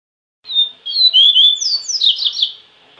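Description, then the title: Double-collared seedeater delivering one brisk song: thin whistled notes that slide up and down, followed by a dense, buzzy twittering flourish. "Canto Coleiro"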